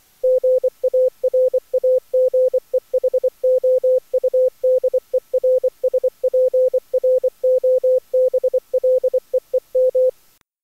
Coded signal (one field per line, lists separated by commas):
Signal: Morse code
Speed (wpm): 20 wpm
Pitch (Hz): 510 Hz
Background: none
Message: GARAGEHOUDERSPROBLEEM